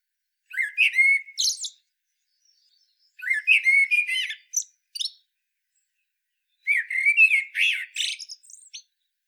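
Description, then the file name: Common blackbird singing three phrases, each a low mellow whistle running into a high, squeaky twittering flourish, with pauses of about one and a half seconds between. "Turdus merula"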